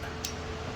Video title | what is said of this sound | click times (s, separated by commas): How to: Replace Front Windshield Wipers 2014 Ford Explorer | and this will click into place and you are set | 0.2 s